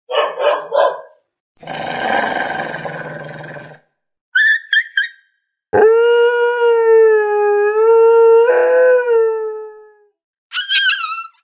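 Dog yipping and howling: quick bursts of high yips, a harsh raspy stretch lasting about two seconds, more yips, a long wavering howl of several seconds, then a last burst of yips.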